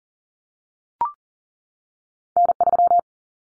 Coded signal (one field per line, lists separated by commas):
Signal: Morse code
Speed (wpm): 40 wpm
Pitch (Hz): 700 Hz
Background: none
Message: N3